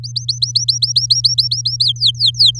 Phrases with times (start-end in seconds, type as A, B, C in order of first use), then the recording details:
0.04-1.84 A, 1.84-2.59 B. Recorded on 8 May 2018 at 10:44. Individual llb16